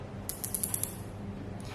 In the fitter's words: kita tekan pistol Sampai bunyi klik Hai kemudian